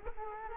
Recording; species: mosquito wingbeat signal from an infrared sensor; Culex quinquefasciatus